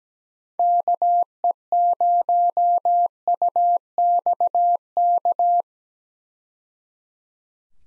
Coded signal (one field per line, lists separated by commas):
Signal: Morse code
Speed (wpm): 17 wpm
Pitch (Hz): 700 Hz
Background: none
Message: KE0UXK